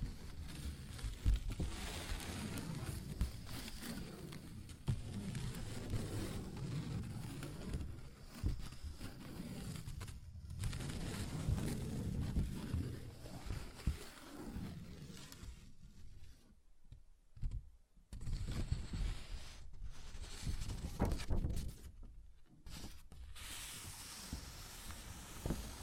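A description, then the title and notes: Paper rips and tears in dense, rough bursts with a low rumble underneath, broken by brief silent gaps around seventeen and twenty-two seconds. ASMR Paper Ripping Tearing Sounds (No Talking).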